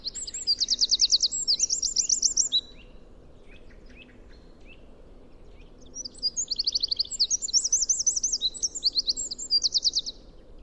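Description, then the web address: Bird giving two high, quick trilled song phrases separated by several seconds of soft, thin chirping notes. "cianscape birddata Deverinetal 2025 File origin Bird Only"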